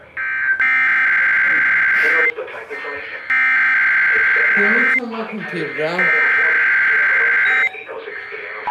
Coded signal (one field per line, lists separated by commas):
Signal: Emergency Alert System (SAME) tones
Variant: header bursts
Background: speech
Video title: IP - Required WEEKLY Test - NO EAS